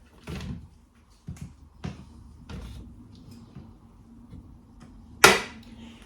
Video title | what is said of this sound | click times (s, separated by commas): Car vlogs, car boot sale, Amzchef juicer (ad/gifted)Home Bargains and a new phone problems | and it clicks in place now if that's not clicked in it won't work it's a safety feature | 5.2 s